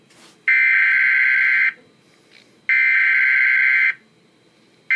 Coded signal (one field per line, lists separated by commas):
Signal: Emergency Alert System (SAME) tones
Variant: header bursts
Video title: Severe Thunderstorm Warning #2 (EAS #45) (7/13/16)